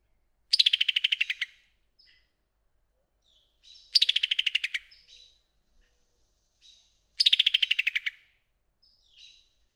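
Summer tanager repeating a fast rattling string of sharp notes, descending slightly, roughly every three seconds, with faint short chips in the gaps.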